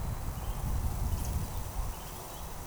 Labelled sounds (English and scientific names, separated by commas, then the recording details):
Eurasian Woodcock (Scolopax rusticola)
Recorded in Baden-Württemberg, Germany, on 13 June 2020 at 19:19 UTC
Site 43791, 788 m above sea level